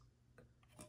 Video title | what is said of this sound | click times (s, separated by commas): Benelli M4 Midwest Industries extended M-Lok Rail installation and review fits Turknelli M4 clones | you get it at the very end it just locks into place just like that | 0.4 s